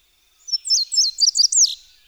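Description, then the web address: Indigo Bunting song, a quick series of high sweet notes and slurred phrases, ending in a lower downslurred note, lasting just over a second. Described as a bird of the ecotone. "BIRD NOTE June 2024 Indigo-Bunting-Bird-of-the-Ecotone"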